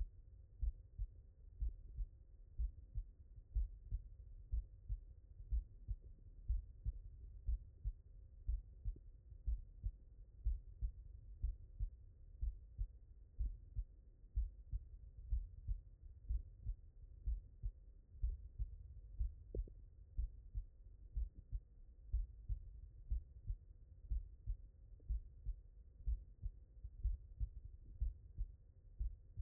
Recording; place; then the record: heart sounds by stethoscope; mitral valve (MV)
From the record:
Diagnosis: non-HFrEF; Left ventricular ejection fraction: 66%